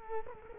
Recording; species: mosquito wingbeat signal from an infrared sensor; Culex quinquefasciatus